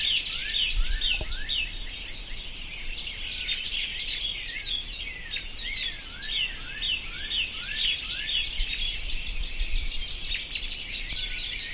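Birds chirping and trilling together, a thick tangle of quick high notes and falling whistles, with a couple of low thumps near the start and end.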